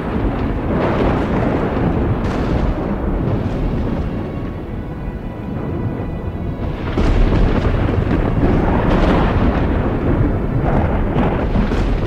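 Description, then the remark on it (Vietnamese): Deep, rolling thunder rumbles continuously, with heavy crashing booms surging louder partway through, a dense low roar of storm noise and no voices. “Chỉ thấy cờ đen chỉ đến đâu là sấm nổi lên đến đó, cây cờ đỏ chỉ đến đâu thì tia sét từ trên tầng không giáng thẳng xuống.”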